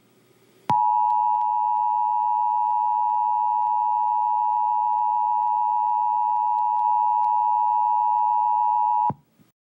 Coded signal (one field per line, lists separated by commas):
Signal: Emergency Alert System (SAME) tones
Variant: 853 and 960 Hz attention tone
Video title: EAS Scenario: Donald Trump Rampage (Part 2)